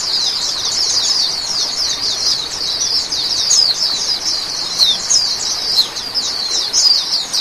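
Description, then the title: Oriental magpie-robin song: a long, non-stop run of quick, scratchy high notes and trills with no silent gaps, over a low hiss. "Kicau Kacer"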